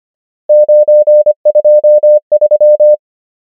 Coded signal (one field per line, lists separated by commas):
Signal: Morse code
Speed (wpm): 25 wpm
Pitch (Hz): 600 Hz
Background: none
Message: 9 2 3